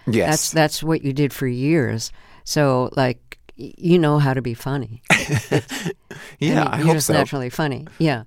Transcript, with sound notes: That's what you did for years. So, like, you know how to be funny.
(Laughter) Yeah. I hope so.
You're just naturally funny. Yeah.